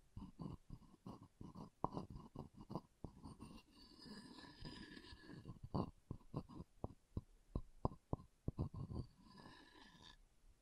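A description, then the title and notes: Wood triggers: a run of quick knocks and taps on wood, irregular and fairly dense, with a low hollow thud to each hit. Around four to five seconds and again near ten, the tapping gives way to softer scraping and rubbing strokes. ASMR Calming Wood Triggers for Sleep (No Talking).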